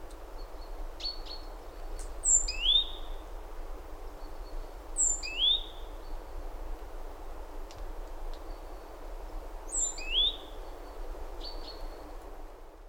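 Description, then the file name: Great tit calls: short high notes with sharp downward-sliding chirps, given in small bursts at irregular intervals, with faint background noise. "Parus major"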